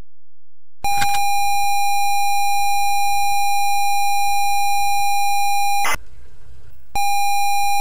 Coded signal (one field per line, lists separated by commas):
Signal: ZX Spectrum tape loading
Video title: High Noon (1983) ZX Spectrum game